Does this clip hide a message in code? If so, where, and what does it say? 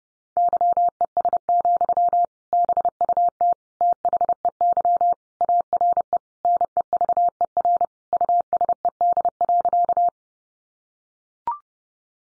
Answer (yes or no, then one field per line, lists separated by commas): yes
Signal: Morse code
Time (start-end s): 0.4-10.1 s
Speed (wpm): 30 wpm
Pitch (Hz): 700 Hz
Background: none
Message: YES, BUT THEY ARE NEVER USED.